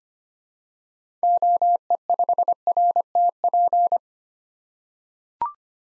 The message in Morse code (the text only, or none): OE5RTP